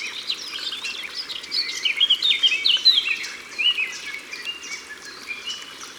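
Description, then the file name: Eurasian blackcap song with quick scratchy notes leading into loud, pure fluting whistles in the middle, other birds twittering behind. Recorded by the water. "Fauvette a tete noire Au bord de leau"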